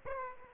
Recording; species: mosquito wingbeat signal from an infrared sensor; Aedes aegypti